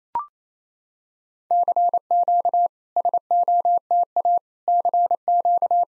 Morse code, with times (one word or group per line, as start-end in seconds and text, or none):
1.5-2.7 CQ
3.0-4.4 SOTA
4.7-5.8 CQ